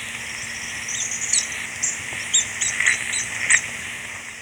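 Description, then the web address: Orange-banded flycatcher producing a quick run of thin, high chipping notes, some falling in pitch, over a continuous insect hum. Recorded in Ecuador. "Birds of Ecuador 3-05 Orange-Banded Flycatcher"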